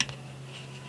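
A single sharp click at 0.0 s as the locking part on an airsoft pistol frame is pushed back to re-latch after the backstrap is fitted, followed by a faint tick around 0.1 s and a low steady hum. Words: "On reverrouille ici." The frame lock is seated.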